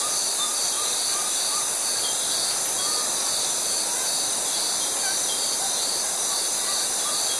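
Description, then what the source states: Cicada chorus, a steady high shrill drone without pause, with faint short whistled notes repeating through the background. Tropical forest.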